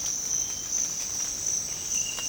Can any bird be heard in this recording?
no